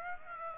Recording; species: mosquito wingbeat signal from an infrared sensor; Aedes aegypti